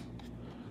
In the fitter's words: in and then it's going to lock into place.